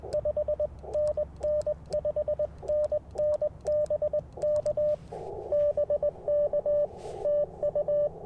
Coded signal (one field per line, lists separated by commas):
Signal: Morse code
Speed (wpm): 21 wpm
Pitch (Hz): 600 Hz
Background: radio noise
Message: 5NN 5NN BK BK TU